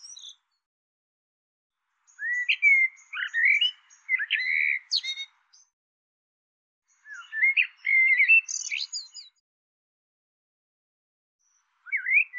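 Bird delivering long phrases of varied chirps and whistled slurs with sharp high accents, two full bursts separated by a pause and a third just starting.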